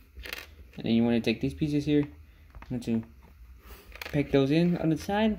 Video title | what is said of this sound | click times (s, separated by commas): Transformers earthrise deluxe class cliffjumper | and take this part will snap into place too | 0.3 s